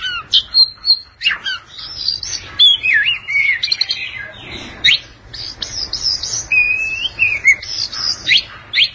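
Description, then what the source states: Oriental magpie-robin song: bright whistles, fast up-and-down trills and abrupt chips strung together nearly nonstop, over quiet background hum. Long-duration song.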